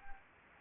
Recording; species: mosquito wingbeat signal from an infrared sensor; Anopheles gambiae